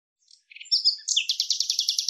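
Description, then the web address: Bird song opening with a few soft notes and a thin whistle, then breaking into a rapid, evenly repeated high trill of many notes. Audio cleaned and normalized. "cianscape birddata Deverinetal 2025 File cleaned normalized Bird Lu Me Lu Me"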